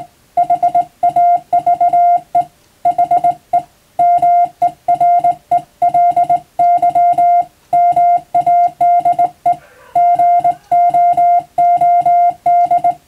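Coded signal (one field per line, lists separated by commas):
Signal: Morse code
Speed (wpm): 20 wpm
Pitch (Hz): 700 Hz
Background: music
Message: HAVE HE MERELY MADE GOOD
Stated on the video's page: Morse code reception practice for the radiotelegraph operator national exam, using telegram practice texts.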